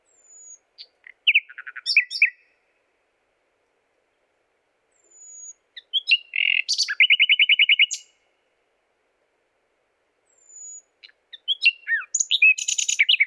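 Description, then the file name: Common nightingale song: three separate phrases, each opening with a thin drawn-out whistle, then chattering notes, one with a fast machine-gun trill, with silent pauses between phrases. "Luscinia megarhynchos"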